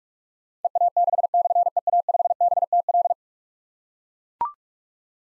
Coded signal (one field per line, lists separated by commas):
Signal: Morse code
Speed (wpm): 44 wpm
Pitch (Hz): 700 Hz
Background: none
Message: EA6/EA5BTL